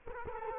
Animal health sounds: mosquito wingbeat signal from an infrared sensor; Culex quinquefasciatus

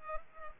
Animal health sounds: mosquito wingbeat signal from an infrared sensor; Culex pipiens

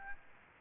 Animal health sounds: mosquito wingbeat signal from an infrared sensor; Aedes aegypti

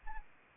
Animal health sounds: mosquito wingbeat signal from an infrared sensor; Anopheles arabiensis

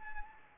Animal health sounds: mosquito wingbeat signal from an infrared sensor; Anopheles arabiensis

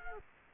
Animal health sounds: mosquito wingbeat signal from an infrared sensor; Culex quinquefasciatus

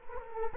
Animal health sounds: mosquito wingbeat signal from an infrared sensor; Culex quinquefasciatus

